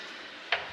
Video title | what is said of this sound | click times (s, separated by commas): 2020 Dodge Challenger Taillight Removal, Install and Alignment | and just push until it snaps and now you're in place | 0.5 s